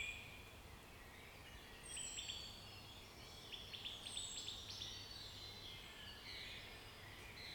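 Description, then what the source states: Birds singing: several high whistles and a quick ticking trill in the middle, with other faint chirps. Forest setting.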